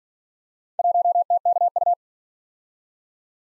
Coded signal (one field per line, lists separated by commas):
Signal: Morse code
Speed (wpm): 48 wpm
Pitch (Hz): 700 Hz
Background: none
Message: 1TKU